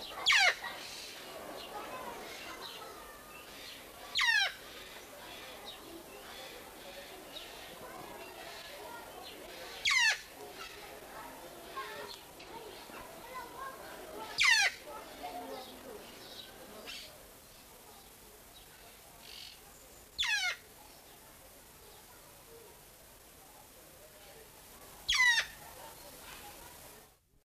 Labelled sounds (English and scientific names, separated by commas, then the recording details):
Eclectus Parrot (Eclectus roratus) call
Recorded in captivity
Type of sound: call
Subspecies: solomonensis
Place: Teneriffa, Kanarische Inseln, Provinz Santa Cruz de Tenerife, ES
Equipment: Halbspur, 9,5 cm/s
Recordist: Lütgens, Hans
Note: Rufe